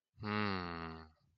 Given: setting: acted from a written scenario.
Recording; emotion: vocal sound without words; confusion